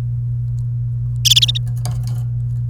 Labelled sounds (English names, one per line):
Domestic Canary song